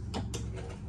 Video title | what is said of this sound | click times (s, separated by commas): 2023 LANCE 2375 TRAVEL TRAILER Dodd RV WALKTHROUGH SINGLE SLIDE SOLAR SHOW | locks in place and you're ready to eat | 0.2 s, 0.4 s